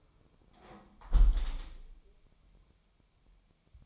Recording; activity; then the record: daily activity, microphone in the room; close window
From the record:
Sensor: 1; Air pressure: 1015.0 hPa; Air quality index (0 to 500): 25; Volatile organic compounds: 1 ppm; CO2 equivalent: 504 ppm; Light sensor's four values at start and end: 11/26/10/11 and 11/26/10/11